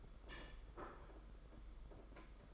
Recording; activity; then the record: daily activity, microphone in the room; place plate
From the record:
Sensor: 5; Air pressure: 992.0 hPa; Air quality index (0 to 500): 166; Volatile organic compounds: 402 ppm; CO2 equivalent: 4675 ppm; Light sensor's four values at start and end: 31/106/39/42 and 31/106/39/42